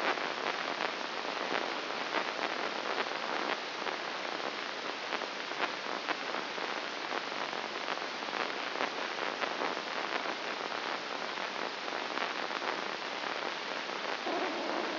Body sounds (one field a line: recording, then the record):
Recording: brain microelectrode recording played as sound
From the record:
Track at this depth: inside the subthalamic nucleus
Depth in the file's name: 5.101 mm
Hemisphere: left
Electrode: 2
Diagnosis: Parkinson's disease